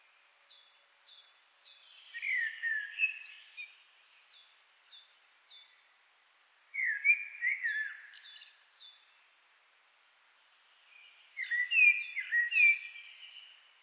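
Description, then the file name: Common blackbird song: mellow whistled phrases in three bursts, while another bird repeats short, high, down-slurred notes before and between them. "Turdus merula"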